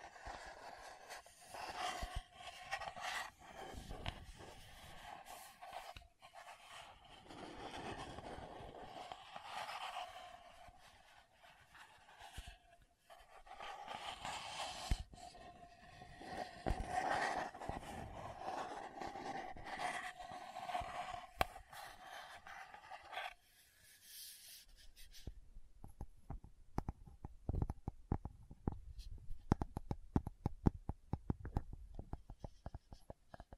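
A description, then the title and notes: Scratching and scraping on a bottle and lid, with dense rough rubbing sounds that come in bursts through the first twenty-five seconds. After that the texture turns sparser and sharper, becoming a run of quick light taps and clicks until the end. Lid Sounds & Bottle Tapping, Scratching.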